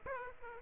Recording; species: mosquito wingbeat signal from an infrared sensor; Aedes aegypti